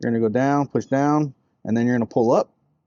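A man talks while handling a driver-side wiper blade adapter on a 2005-2011 Honda Civic, sliding it over the J-hook of the wiper arm to push down and then pull up. Only speech is heard. Nothing has seated or clicked yet.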